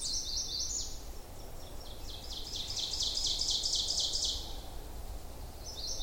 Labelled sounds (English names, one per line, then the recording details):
Ovenbird song
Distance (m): 25 m
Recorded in boreal forest in Alberta, Canada, on 26 May 2016 at 08:02
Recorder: SongMeter 3, array SBT-3-15
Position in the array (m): 58 m, 140 m
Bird 20